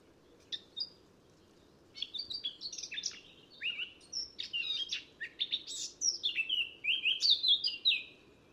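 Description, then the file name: Eurasian blackcap song: a couple of soft notes, then a steady varied warble that grows louder into clear whistled phrases, over a low background hiss. "Sylvia atricapilla"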